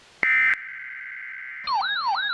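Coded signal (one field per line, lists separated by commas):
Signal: Emergency Alert System (SAME) tones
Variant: header bursts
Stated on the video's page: Fictional EAS scenario.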